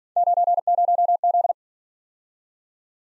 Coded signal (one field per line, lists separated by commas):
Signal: Morse code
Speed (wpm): 48 wpm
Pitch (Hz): 700 Hz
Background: none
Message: 90Z